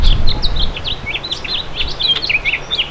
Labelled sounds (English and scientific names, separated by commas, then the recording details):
House Finch (Haemorhous mexicanus) song
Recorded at East Hampton on Long Island, New York, on 15 June 2013
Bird B